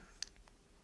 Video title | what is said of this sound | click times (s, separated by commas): Вылетает Угол у GAN 356 R - РЕШАЕМ ПРОБЛЕМУ | характерный щелчок 1 | 0.2 s